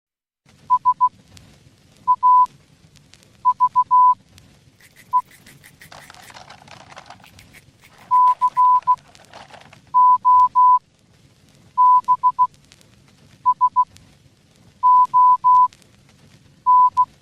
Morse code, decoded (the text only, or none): SAVE COBSON